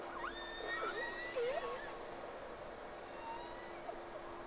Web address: Sea Snake 10-3-06 Whales X 2 11-30 Round 1